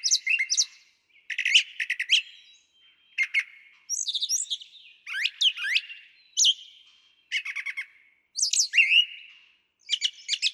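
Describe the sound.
Brown Thrasher singing a lively string of distinct phrases, mixing high sharp chips, buzzy trills and swooping whistled notes with short gaps between them.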